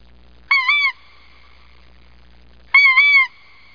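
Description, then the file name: Greater white-fronted goose calls: two loud, high, wavering yelps with rich overtones, separated by about two seconds of quiet. "specklebelly"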